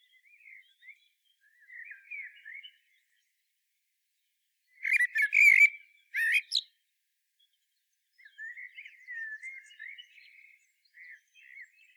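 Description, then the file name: Common blackbird song: quiet, low, throaty warbling, then a loud burst of scratchy twittering near midway, followed by more soft, subdued warbled phrases. "Turdus merula"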